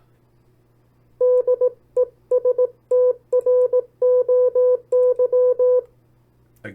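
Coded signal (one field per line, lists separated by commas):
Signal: Morse code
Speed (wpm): 18 wpm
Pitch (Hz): 500 Hz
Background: speech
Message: DESTROY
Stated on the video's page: Morse copy practice of opposite words sent at 18 WPM and 14 WPM.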